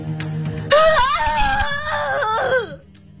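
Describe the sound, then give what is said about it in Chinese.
A man on a seaside cliff lets out a raw, beast-like howl of grief after a woman falls into the sea. It is one loud sustained wail lasting about two seconds, its pitch wavering and then sliding down before it breaks off into quiet. “发出了野兽一般的嘶吼，那是一种穿透心肺、痛彻骨髓的悲吼。”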